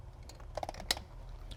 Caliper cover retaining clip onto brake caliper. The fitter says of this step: pretty much just press it on just press it on so put on each side snap